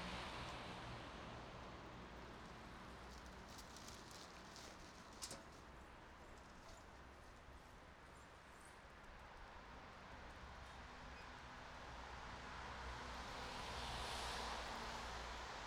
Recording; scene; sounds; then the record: everyday scene through a hearing-aid microphone; in traffic; traffic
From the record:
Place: bus stop on a city main road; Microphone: in the ear canal, right